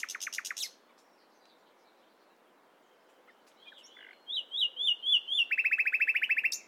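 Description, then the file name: Common nightingale song: a short burst of repeated notes, a pause, then wavering whistles leading into a fast, even rattle of repeated notes. "Luscinia megarhynchos"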